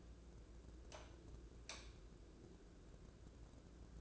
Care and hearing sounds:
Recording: daily activity, microphone in the room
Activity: light on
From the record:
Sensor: 2

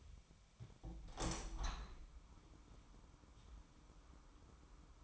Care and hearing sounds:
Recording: daily activity, microphone in the room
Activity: open window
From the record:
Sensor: 1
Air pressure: 997.9 hPa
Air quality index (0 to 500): 125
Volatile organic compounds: 3 ppm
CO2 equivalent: 1492 ppm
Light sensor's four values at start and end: 17/56/23/23 and 17/57/23/23

